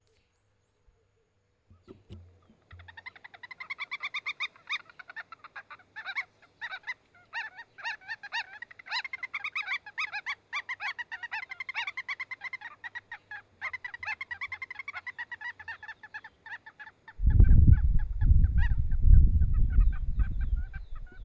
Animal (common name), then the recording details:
Wattled Lapwing. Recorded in northern Uganda